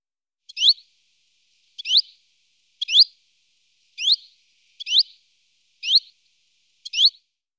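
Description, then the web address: Common chiffchaff giving single short rising notes, each sweeping quickly upward and repeated about once a second, with silence between. "IVN Zangvogels. Tjiftjaf"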